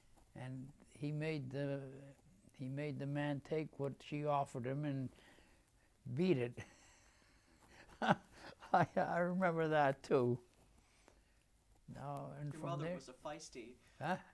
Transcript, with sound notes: and he made the — he made the man take what she offered him and beat it. [Laughs] I remember that, too. Now, and —
Your mother was a feisty —
Huh?